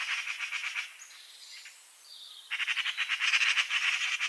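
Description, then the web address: Eurasian magpie chattering in harsh rattled series, a brief lull with faint high notes, then a louder fast rattle. "SETE Pica pica"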